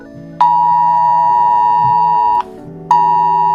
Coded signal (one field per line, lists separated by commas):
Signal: Emergency Alert System (SAME) tones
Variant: 853 and 960 Hz attention tone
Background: music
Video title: The Boiled One Phenomenon | EAS Scenario